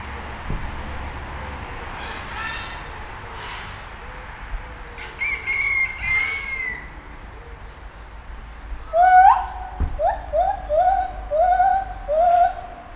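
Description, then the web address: White-handed gibbon hooting call: a run of rising, whooping hoots in the last third, after quieter sounds over a low background rumble. Captive animal at a zoo in Nyíregyháza, Hungary, 2019, professional equipment; car traffic in the background. "nyiregyhazizoo 2019 professzionalis feherkezu gibbon hatterbenautoforgalom nyiregyhaza"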